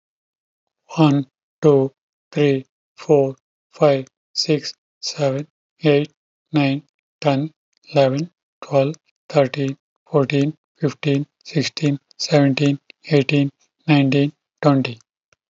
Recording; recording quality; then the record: counting at a normal pace; excellent, no background noise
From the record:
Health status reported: healthy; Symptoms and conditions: diabetes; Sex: male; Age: 66 years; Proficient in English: yes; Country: India